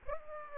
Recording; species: mosquito wingbeat signal from an infrared sensor; Aedes aegypti